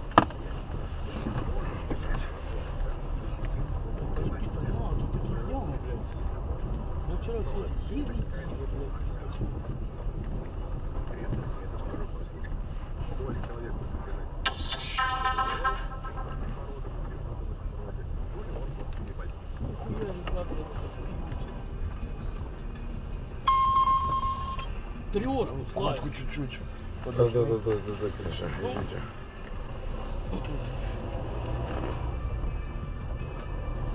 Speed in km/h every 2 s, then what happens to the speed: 12, 11, 14, 15, 16, 12, 12, 11, 12, 13, 13, 13, 10, 1, 4, 4, 12.
0-21 steady at about 12. 21-26 slows to 1. 26-34 pulls away to 12.